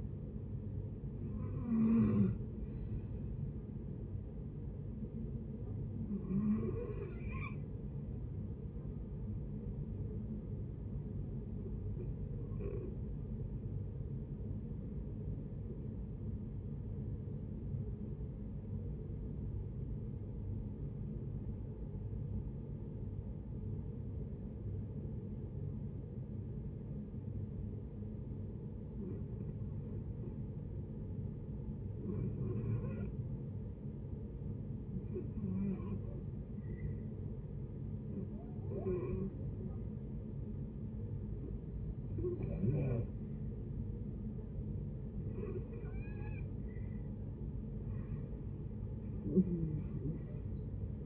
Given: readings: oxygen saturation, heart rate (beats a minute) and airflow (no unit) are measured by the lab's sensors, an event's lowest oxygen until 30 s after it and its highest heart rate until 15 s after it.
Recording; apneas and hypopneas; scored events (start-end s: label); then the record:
breathing in sleep by a smartphone at the bedside; 1
14.00-32.50 s: obstructive apnea (REM, oxygen 94% highest, then 71% lowest, heart rate 75 at the start, 75 highest)
From the record:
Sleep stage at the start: REM sleep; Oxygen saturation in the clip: 64 to 94%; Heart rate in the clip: 57 to 88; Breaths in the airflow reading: 9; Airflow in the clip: -8.8 to 13.1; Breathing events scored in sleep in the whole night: 496 in 5.4 hours asleep